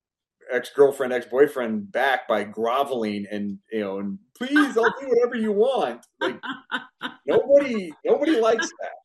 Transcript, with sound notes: ex-girlfriend, ex-boyfriend back by groveling and, you know, "Please, I'll do whatever you want."
(laughs)
Like, nobody, nobody likes that.